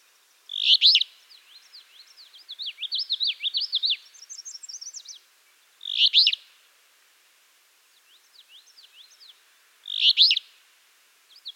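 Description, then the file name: Rough, burry alder flycatcher phrases come about every four to five seconds, with a long, rapid zigzag song from another bird filling the gaps. "Empidonax alnorum - Alder Flycatcher"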